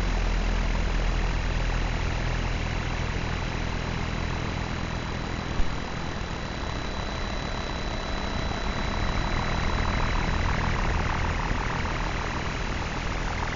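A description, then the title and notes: Electromagnetic frequencies made audible form a steady, dense hum and hiss that barely changes. Low buzzing tones sit under a rough, grainy wash, with a thin high whine running throughout. A single short click stands out a little before the six-second mark. 34 SONIC SKETCHBOOKS - SOMA ETHER. Vlad designed it for hearing the invisible electromagnetic frequencies that surround us. Ether is a handheld object, a little black box, that contains a magnetic antenna and an integrated electronic antenna.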